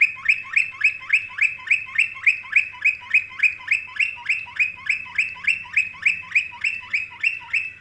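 Canary song: a rapid, very regular trill of identical sweeping notes, about three or four per second, held throughout.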